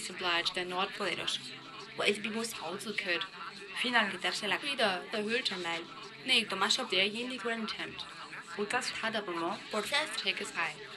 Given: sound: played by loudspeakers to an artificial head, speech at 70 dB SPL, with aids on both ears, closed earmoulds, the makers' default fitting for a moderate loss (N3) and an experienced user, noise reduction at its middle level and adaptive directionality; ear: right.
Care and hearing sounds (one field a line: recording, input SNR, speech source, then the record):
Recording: speech test signal (ISTS) in cocktail-party noise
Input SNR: +6 dB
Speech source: in front (0 degrees)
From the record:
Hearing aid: class 1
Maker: E